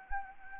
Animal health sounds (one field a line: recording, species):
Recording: mosquito wingbeat signal from an infrared sensor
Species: Anopheles gambiae